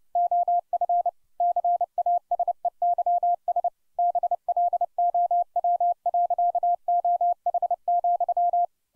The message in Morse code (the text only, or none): OF CASEYS BLOW. OH,